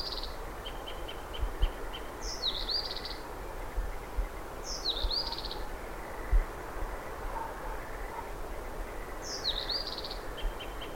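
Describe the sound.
Blyth's Reed Warbler song: short clicking notes and a slurred whistled phrase repeated a few times, over steady low rushing noise.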